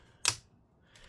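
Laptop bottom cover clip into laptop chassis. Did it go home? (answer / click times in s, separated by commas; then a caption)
yes / 0.3 s. A stubborn bottom cover clip on an MSI GS65 Stealth 8SE-006US laptop, one that is hard to pinch in, is pushed down into the chassis until it clicks. A sharp, bright click sounds at 0.3 s, followed by a softer, longer rustle near 1.0 s. The clip seats, and everything is lined up.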